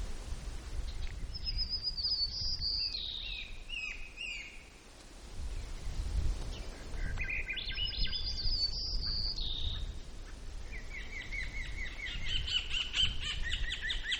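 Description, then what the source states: White-crowned sparrow song repeated three times, each a whistled opening sliding into buzzy, stuttering trills, over steady low wind-like rumble. Recorded in Gates of the Arctic, Alaska, on 17 June 2018 at 12:57.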